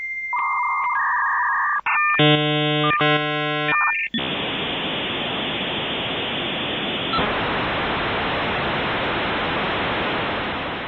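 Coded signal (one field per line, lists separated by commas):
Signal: dial-up modem handshake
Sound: warbling two-tone chirps, buzzing multi-tone bursts, then loud steady hiss for seven seconds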